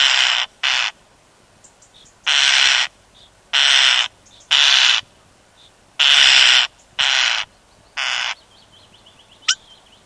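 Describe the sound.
European starling harsh rasping calls, a series of broad hissy bursts about half a second long, given in irregular bunches with short gaps, one brief thin note near the end.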